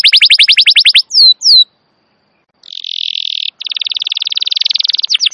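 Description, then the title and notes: Atlantic canary song: a quick series of high, downward-slurred notes, two sharp falling whistles, a silent gap, then a long, dense, rapid trill that breaks once and ends in sweeping notes. Wild canary singing long and continuously (gacor); recording used as a master to lure wild canaries or teach caged canaries their song. "Pikat Kenari GACOR PANJANG INI Cocok Untuk Masteran KENARI LIAR. Masteran burung kenari gacor parah"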